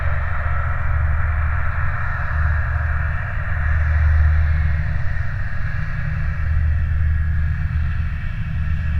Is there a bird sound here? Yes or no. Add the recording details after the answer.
no. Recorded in the Prudhoe Bay oil fields, Alaska, on 19 July 2019 at 22:48. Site 29